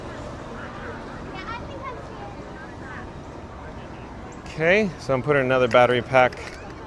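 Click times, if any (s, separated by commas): none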